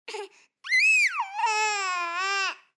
Baby Cry.